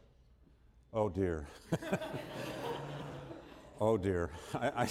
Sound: laughter